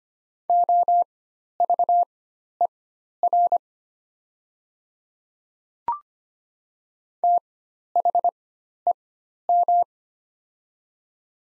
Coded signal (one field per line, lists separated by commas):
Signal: Morse code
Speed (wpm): 25 wpm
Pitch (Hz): 700 Hz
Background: none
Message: OVER THEM